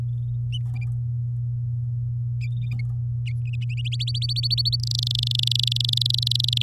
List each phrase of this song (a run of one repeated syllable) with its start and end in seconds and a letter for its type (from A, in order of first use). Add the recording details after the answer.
3.85-4.76 A, 4.80-6.62 B. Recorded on 10 May 2018 at 07:45. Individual llb16